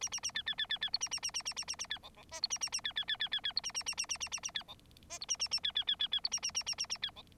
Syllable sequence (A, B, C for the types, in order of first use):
A A A B B B B B C A A A A A A A A B D D E C A A A B B B B B B C A A A A A A A A B D E C A A A B B B B B C A A A A A A B D